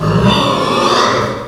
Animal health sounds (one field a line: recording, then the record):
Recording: squeal of a Yucatan mini pig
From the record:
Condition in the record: after surgery on the right vocal fold (resection and tissue-engineered implant)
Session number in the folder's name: 17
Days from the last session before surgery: 195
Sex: female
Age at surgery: 19 weeks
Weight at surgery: 25 kg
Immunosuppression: prednisolone